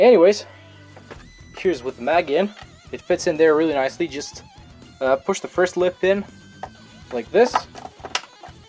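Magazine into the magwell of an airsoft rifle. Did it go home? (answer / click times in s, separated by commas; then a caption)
yes / 8.1 s. A magazine is fitted into the magwell of a CM045A airsoft AK rifle: its front lip is hooked in first, then it is rocked back until it locks. Someone talks throughout, and a sharp, loud click is heard at 8.2 seconds as the magazine seats and stays in place.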